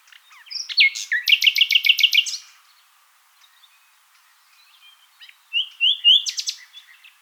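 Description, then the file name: Common nightingale song: a loud, rapid, rattling trill of repeated notes, a quiet gap, then another short, brisk phrase of sharp whistles. "Luscinia megarhynchos"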